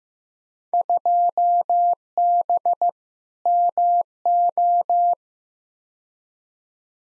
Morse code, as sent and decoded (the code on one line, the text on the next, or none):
..--- -... / -- ---
2B MO